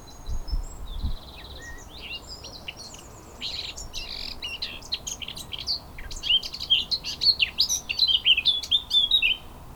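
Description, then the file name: Eurasian blackcap warbling song, a fast, varied run of high chirps and whistled notes that grows busier and brighter in the second half, over steady low background rumble. "Sylvia atricapilla"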